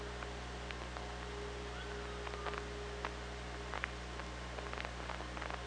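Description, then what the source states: Orca sounds: scattered sharp underwater clicks and a faint gliding whistle, against a steady low hum and hiss. OrcaLab hydrophone, 24 August 2017, 16:17.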